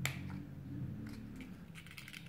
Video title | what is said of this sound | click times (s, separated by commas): Jeep Wrangler Key Fob Battery Replacement (2018 - 2021) | kind of popping the rest of it off so | 0.1 s